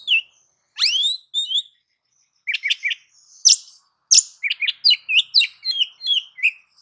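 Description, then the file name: Oriental magpie-robin song: a sweeping upward whistle, then harsh notes and a lively stream of varied chirps and whistles. "Suara-Kacer-Versi-7"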